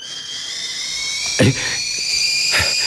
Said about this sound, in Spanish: La tetera. Me ha estremecido su sonido.